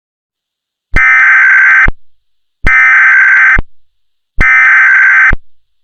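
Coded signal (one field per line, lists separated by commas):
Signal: Emergency Alert System (SAME) tones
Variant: header bursts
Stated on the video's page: Simulated EAS scenario.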